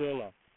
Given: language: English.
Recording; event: throat vibration sensor signal played as sound; speech